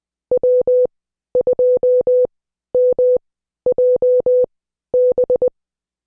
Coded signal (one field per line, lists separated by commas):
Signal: Morse code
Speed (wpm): 20 wpm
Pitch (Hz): 500 Hz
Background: none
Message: W2MJB